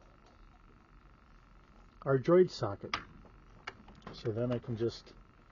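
A small plastic Y-Wing micro figure is handled near the docking socket of a larger plastic toy ship while someone talks over a faint steady hum. There are soft handling ticks and one brief sharper tap near 3.7 s. The figure has not clicked onto its mount yet.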